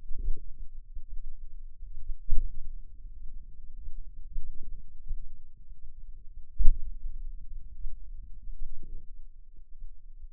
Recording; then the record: forearm muscle sounds (acoustic myography)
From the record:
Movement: hand opening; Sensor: system 2, bracelet of six BSWA MPA416 microphones around the upper forearm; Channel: 5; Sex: male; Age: 22 years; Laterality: right